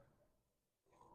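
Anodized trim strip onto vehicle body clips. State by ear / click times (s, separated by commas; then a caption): not seated / none. A restored anodized trim strip is hooked over the top and walked down along the vehicle body clips by hand. Soft handling noise fades to near quiet through the middle, then louder rubbing and scraping returns from about 0.9 s to the end. Nothing has seated or clicked yet; the clip ends just before the strip goes home.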